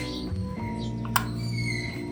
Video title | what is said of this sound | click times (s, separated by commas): Installing Ngage Iridium Spark Kit On My Continental GT 650! [Part 3] | Yep, I heard the click. Yeah, that should work. | 1.2 s